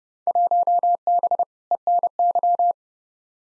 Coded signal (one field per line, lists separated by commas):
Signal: Morse code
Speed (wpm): 31 wpm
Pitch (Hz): 700 Hz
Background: none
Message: 1B ENY